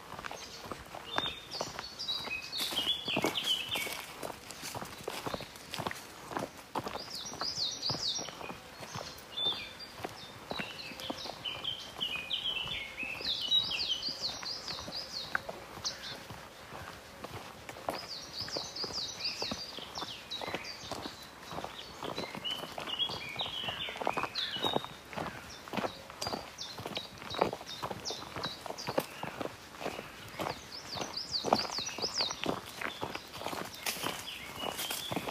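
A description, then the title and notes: Steady footsteps crunch through the woods for the whole stretch, quick, each step a dry crackle of leaves and twigs. Above them, birds sing bright, repeated chirping phrases every few seconds in the quiet forest. A walk in the woods in Thuringia, April 2020.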